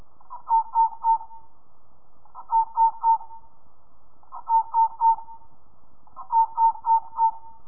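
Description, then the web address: Sand field cricket chirping: bursts of three to four quick tonal pulses, repeated about every two seconds at a steady rhythm. "crickets gfirmus"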